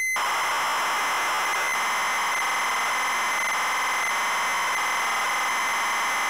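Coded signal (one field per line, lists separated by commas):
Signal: ZX Spectrum tape loading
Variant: ZX Spectrum +2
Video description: Double Dragon - Zx Spectrum +2 (Full Cassette Tape Loading & Gameplay) / To skip the loading and go to the main game 11:30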